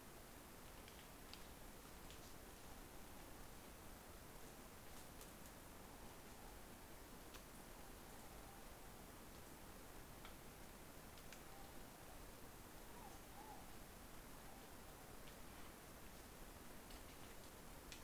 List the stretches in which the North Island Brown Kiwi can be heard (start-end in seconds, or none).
none